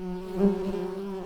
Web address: Hypnorum workers